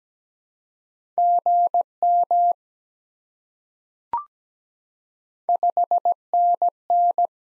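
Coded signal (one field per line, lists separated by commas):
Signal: Morse code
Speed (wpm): 17 wpm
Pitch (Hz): 700 Hz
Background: none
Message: GM 5NN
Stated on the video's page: Morse drill of common QSO elements at 17 wpm for head-copy, each sent, then spoken, then sent again.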